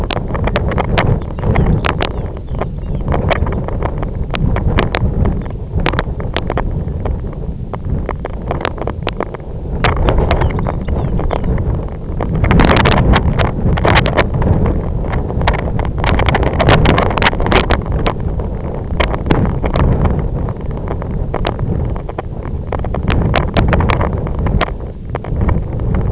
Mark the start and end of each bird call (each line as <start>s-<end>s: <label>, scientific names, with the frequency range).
1.28s-3.47s: Calcarius lapponicus (2.5-5.7 kHz)
5.35s-5.57s: Calcarius lapponicus (2.7-4.0 kHz)
9.94s-11.65s: Calcarius lapponicus (2.5-5.5 kHz)